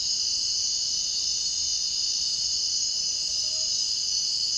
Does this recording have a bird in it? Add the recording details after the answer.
yes. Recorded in dense forest near Puerto Asís, Putumayo, Colombia, on 22 June 2025 at 02:00. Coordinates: 0.499, -76.324. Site G100